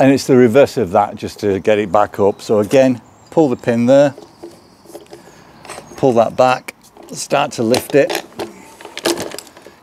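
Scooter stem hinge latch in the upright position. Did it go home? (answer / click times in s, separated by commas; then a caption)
yes / 9.1 s. Someone talks while the safety pin is pulled on a Hitway H5 Pro electric scooter and the stem is lifted back up, with light handling knocks around 5.1 to 5.7 s and a cluster of sharper sounds from 8.4 to 9.4 s. The hinge latch clicks into place at 9.1 s, locking the stem upright.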